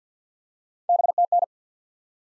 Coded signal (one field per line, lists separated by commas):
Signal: Morse code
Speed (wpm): 50 wpm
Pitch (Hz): 700 Hz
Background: none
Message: BTN